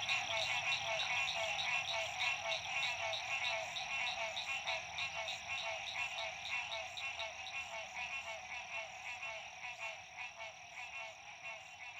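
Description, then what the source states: Frogs trilling together in a pulsing chorus near two beats per second, gradually growing quieter toward the end. Frogs at dusk, La Rue PH, Illinois.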